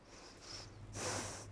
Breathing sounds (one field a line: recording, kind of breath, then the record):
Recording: one breath in and out by a microphone near the nose and mouth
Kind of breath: deep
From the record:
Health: marked as sick, illness not named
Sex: female